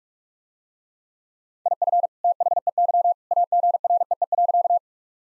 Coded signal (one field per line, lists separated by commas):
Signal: Morse code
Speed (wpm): 46 wpm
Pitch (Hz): 700 Hz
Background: none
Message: IF THEY AGREE.